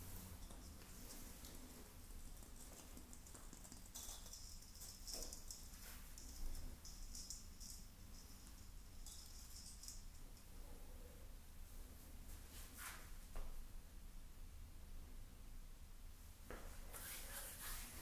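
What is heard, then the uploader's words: Someone decorating a Christmas tree: a steady low hum runs throughout, broken every few seconds by short bright rustles and crinkles, with a brief thump near six seconds. Decorating My Christmas Tree No Talking.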